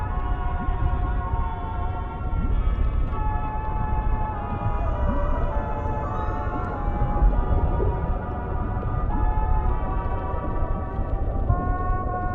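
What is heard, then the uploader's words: Old-fashioned music plays as if heard underwater, muffled and dull, with nothing bright above the middle range. Sustained melodic tones drift and shift every few seconds over a constant low rumble that fills the whole twelve seconds at steady loudness. Oldies music playing underwater in City.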